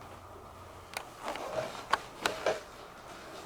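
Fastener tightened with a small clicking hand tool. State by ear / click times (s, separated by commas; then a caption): torque reached / 1.9 s, 2.3 s. A screw or fastener set with Loctite is tightened with a small clicking hand tool while a device is being built, with faint handling taps and rubbing around 1.0 and 1.3 seconds. Two sharp, short clicks ring out at 1.9 and 2.3 seconds, followed by a softer rattle, as the tool clicks at its setting.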